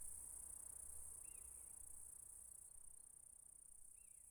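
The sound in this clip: Quiet insect stridulation, a level high-pitched buzzing hum throughout, with two short curling notes in the background.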